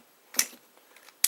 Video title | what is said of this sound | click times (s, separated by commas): Taking Care of a Broken Inner Cap | and this is actually you hear that click in place that was a lot | 1.2 s